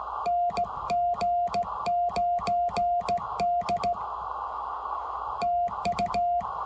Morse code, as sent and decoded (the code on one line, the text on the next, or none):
-. --. ----. -.. / - ..-
NG9D TU